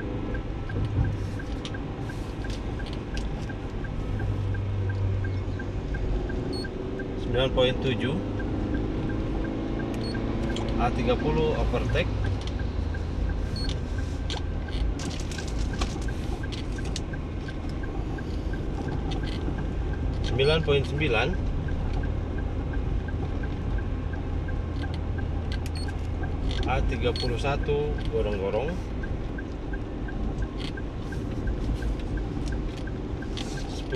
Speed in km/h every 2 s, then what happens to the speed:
42, 46, 49, 50, 50, 51, 52, 53, 53, 53, 53, 53, 52, 51, 50, 47, 42.
0-5 speeds up to 50. 5-23 steady at about 53. 23-34 slows to 42.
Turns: none.